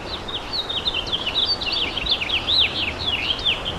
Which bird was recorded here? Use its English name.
House Finch